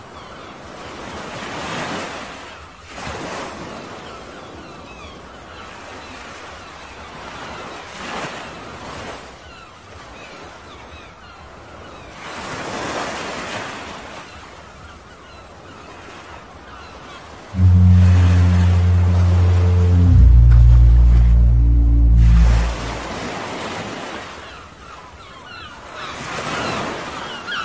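Sea waves wash in at a fairly regular pace, each swell rising and hissing away every four to six seconds over a soft, constant roar. From about 17 to 22 seconds, a loud, deep rumble of wind buffeting the microphone swamps the surf.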